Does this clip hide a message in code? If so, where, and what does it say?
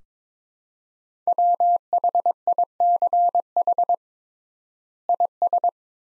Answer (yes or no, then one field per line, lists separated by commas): yes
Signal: Morse code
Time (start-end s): 1.3-5.7 s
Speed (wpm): 21 wpm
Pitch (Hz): 700 Hz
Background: none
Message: WHICH IS